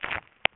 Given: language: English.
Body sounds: throat vibration sensor signal played as sound; swallow

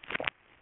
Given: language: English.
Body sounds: throat vibration sensor signal played as sound; swallow

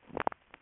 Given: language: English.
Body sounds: throat vibration sensor signal played as sound; swallow

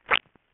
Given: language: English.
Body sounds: throat vibration sensor signal played as sound; swallow

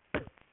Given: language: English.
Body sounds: throat vibration sensor signal played as sound; cough

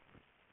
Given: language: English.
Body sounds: throat vibration sensor signal played as sound; speech

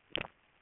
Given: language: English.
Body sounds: throat vibration sensor signal played as sound; swallow

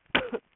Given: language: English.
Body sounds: throat vibration sensor signal played as sound; cough

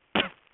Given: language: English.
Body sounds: throat vibration sensor signal played as sound; cough

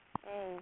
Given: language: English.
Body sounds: throat vibration sensor signal played as sound; speech

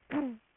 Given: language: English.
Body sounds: throat vibration sensor signal played as sound; throat clearing

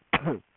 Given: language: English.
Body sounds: throat vibration sensor signal played as sound; cough

